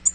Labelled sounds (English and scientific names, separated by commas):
Tennessee Warbler (Leiothlypis peregrina) flight call